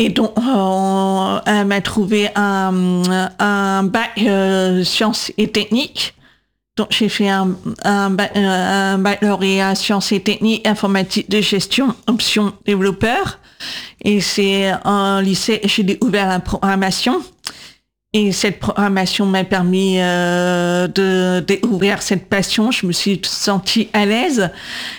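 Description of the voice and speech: Fluent French speech from an adult woman, deaf since childhood and hearing with cochlear implants, who spent 20 years in speech therapy learning to speak and to control her voice. Her voice is fairly flat and steady, with drawn-out vowels and fillers typical of a deaf implant user.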